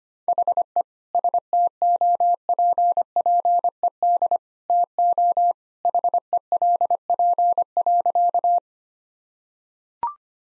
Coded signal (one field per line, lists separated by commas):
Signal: Morse code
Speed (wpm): 25 wpm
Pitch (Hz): 700 Hz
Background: none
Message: HE STOPPED TO HELP.